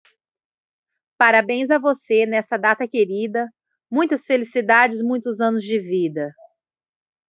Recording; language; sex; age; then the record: short text; Brazilian Portuguese; female; 30 to 39 years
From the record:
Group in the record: control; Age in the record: 38 years